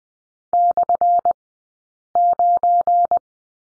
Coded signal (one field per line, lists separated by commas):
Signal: Morse code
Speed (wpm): 20 wpm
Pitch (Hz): 700 Hz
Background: none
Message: /9